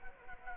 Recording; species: mosquito wingbeat signal from an infrared sensor; Anopheles arabiensis